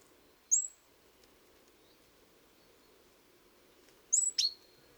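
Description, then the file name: Great tit calls: a single high, thin note, then after a pause a tight cluster of sharp high notes sweeping downward, over a faint steady background hiss. "Parus major"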